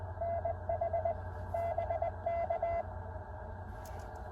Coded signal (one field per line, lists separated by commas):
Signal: Morse code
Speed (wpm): 20 wpm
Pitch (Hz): 690 Hz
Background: none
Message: NH BK